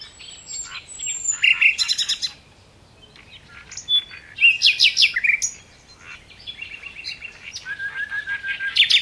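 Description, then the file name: Common nightingale song: rapid repeated clicking notes, a sharp whistled phrase, then a low pulsed series growing louder at the end, with pauses between phrases. "Luscinia megarhynchos"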